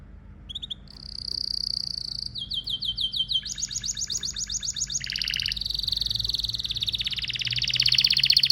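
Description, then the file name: Canary singing a chain of rapid rolls, each a quick repeated note at a new pitch, building into a dense, buzzy high trill at the end. "طائر الكناري (اشهر طيور بصوت عذب)"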